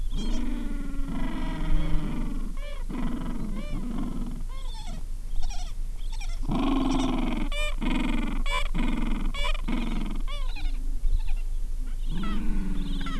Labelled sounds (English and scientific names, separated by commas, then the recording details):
Gentoo Penguin (Pygoscelis papua)
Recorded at the colony at Ocean Harbour, on 7 January 2016
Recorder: Song Meter SM2+